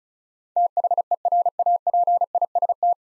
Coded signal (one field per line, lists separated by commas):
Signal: Morse code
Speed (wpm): 36 wpm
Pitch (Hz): 700 Hz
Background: none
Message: THERAPIST